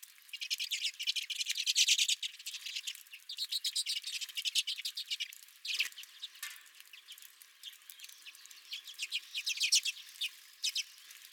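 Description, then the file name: Redpolls keep up a rattling chatter, rapid dry notes in long runs, with a few short knocks midway. Several redpolls at the recordist's own feeder. "Redpolls at My Feeder"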